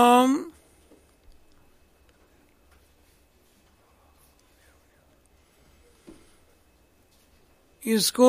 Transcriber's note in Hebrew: בלחש